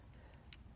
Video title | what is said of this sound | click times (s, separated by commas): 1/16 Kinze 3600 Planter | they lock into place oop sorry I guess I'm a little too high and then you can unlock it | 0.5 s